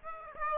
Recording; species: mosquito wingbeat signal from an infrared sensor; Aedes aegypti